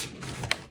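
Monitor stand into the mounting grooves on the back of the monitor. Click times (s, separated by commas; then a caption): 0.5 s. A monitor stand is slid into the mounting grooves on the back of a Dell S2421NX monitor and pushed up until it locks into place. A low sliding rub leads into a sharp little click at 0.5 s, and the stand is seated.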